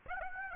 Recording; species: mosquito wingbeat signal from an infrared sensor; Aedes aegypti